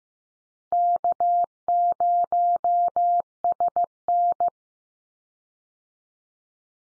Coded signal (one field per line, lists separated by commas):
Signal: Morse code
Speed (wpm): 15 wpm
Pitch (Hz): 700 Hz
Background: none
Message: K0SN